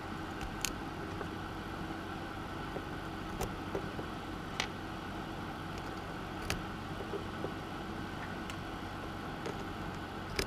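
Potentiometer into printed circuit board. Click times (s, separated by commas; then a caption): 0.6 s, 4.6 s, 6.5 s, 10.4 s. Potentiometers are pressed into a synth mixer printed circuit board, their legs snapping into place over a steady low hum. Sharp clicks are heard at 0.7, 4.6, 6.5 and 10.4 seconds, and the pots are seated.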